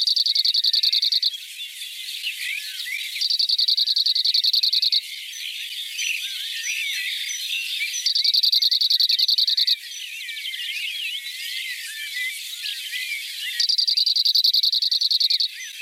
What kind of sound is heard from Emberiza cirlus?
song